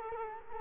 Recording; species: mosquito wingbeat signal from an infrared sensor; Culex quinquefasciatus